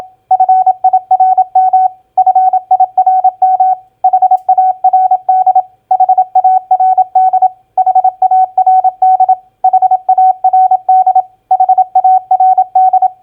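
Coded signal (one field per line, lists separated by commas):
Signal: Morse code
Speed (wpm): 27 wpm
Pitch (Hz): 750 Hz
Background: none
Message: FIRM FIRM HARD HARD HARD HARD HARD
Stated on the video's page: Morse practice drill of common four-letter word recognition, played at 27 wpm.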